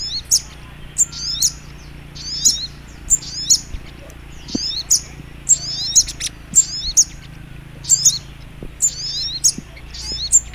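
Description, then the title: Little Spiderhunter singing: steady series of short, high, piercing chip clusters, roughly one each second, with a quiet low hum underneath. Masteran training recording, labelled Labaik. "Masteran Burung Sogok Ontong Labaik"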